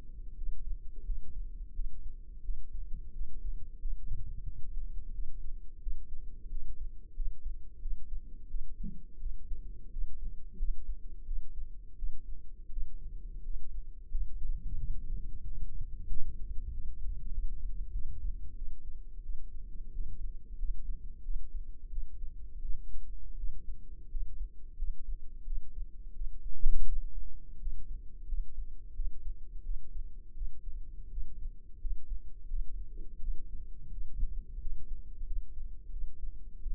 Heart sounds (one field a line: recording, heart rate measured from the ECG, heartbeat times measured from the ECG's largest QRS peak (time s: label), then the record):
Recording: heart sounds by microphone in the left ear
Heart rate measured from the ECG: 88 bpm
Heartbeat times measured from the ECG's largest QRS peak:
0.35 s: heartbeat
1.04 s: heartbeat
1.72 s: heartbeat
2.41 s: heartbeat
3.12 s: heartbeat
3.79 s: heartbeat
4.44 s: heartbeat
5.11 s: heartbeat
5.79 s: heartbeat
6.48 s: heartbeat
7.13 s: heartbeat
7.79 s: heartbeat
8.47 s: heartbeat
9.18 s: heartbeat
9.90 s: heartbeat
10.56 s: heartbeat
11.24 s: heartbeat
11.95 s: heartbeat
12.69 s: heartbeat
13.42 s: heartbeat
14.08 s: heartbeat
14.75 s: heartbeat
15.42 s: heartbeat
16.07 s: heartbeat
16.70 s: heartbeat
17.31 s: heartbeat
17.91 s: heartbeat
18.54 s: heartbeat
19.22 s: heartbeat
19.92 s: heartbeat
20.56 s: heartbeat
21.22 s: heartbeat
21.89 s: heartbeat
22.61 s: heartbeat
23.36 s: heartbeat
24.08 s: heartbeat
24.76 s: heartbeat
25.43 s: heartbeat
26.12 s: heartbeat
26.85 s: heartbeat
27.58 s: heartbeat
28.25 s: heartbeat
28.93 s: heartbeat
29.62 s: heartbeat
30.33 s: heartbeat
31.09 s: heartbeat
31.78 s: heartbeat
32.47 s: heartbeat
33.19 s: heartbeat
33.89 s: heartbeat
34.58 s: heartbeat
35.24 s: heartbeat
35.89 s: heartbeat
36.59 s: heartbeat
From the record:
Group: healthy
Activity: rest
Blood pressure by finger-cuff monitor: 131/93 mmHg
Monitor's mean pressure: 104 mmHg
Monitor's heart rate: 88 bpm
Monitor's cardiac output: 6.2 L/min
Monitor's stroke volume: 71 mL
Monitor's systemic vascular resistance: 1260 dyn s/cm5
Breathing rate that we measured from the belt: 17 breaths a minute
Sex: male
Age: 21 years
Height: 180 cm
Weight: 67.5 kg